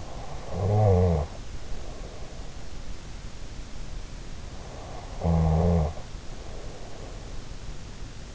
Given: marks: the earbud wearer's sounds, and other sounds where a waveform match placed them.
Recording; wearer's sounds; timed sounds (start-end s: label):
sounds in sleep by an in-ear microphone; snoring breath
0.00-2.55 s: snoring breath
4.75-7.31 s: snoring breath